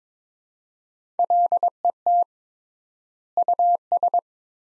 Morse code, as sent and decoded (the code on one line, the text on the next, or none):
.-.. . - / ..- ...
LET US